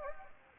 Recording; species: mosquito wingbeat signal from an infrared sensor; Anopheles gambiae